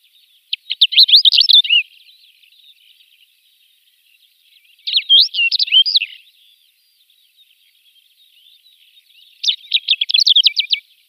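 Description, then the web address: Greater short-toed lark song: three short, dry twittering phrases about every four and a half seconds, each a burst of quick chirps, with faint background twitter between. "Schulze Peter Short-toed Lark song"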